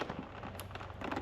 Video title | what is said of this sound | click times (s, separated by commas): Stylish Upgrade - Slayer Sequential TurnLight for Can-Am RYKER - Installation by MartinTheVlogger | until you hear click. | 0.6 s